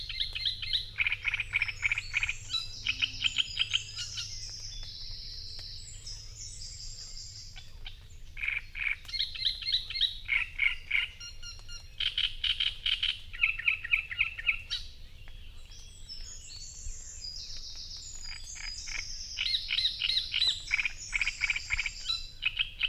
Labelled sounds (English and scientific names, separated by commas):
Great Reed Warbler (Acrocephalus arundinaceus) song